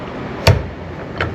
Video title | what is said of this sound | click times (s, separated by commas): THE NEW STICK SHIFT BUCKET DOLLY, DOUBLE CLUTCH AND PADDLE SHIFTER, HAVE YOU MADE ONE YET? WHY NOT | Right back in, locks in place. | 0.5 s, 1.2 s